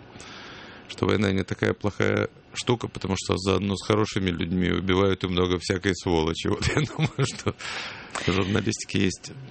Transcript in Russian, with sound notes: что война – не такая плохая штука, потому что заодно с хорошими людьми убивают и много всякой сволочи. (смеется) Вот я думаю, что в журналистике есть…